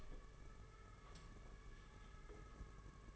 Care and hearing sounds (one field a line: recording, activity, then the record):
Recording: daily activity, microphone in the room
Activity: open door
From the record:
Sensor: 4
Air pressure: 992.4 hPa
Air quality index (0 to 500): 110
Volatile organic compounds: 19 ppm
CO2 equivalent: 2656 ppm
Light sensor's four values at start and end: 21/74/27/28 and 22/75/27/29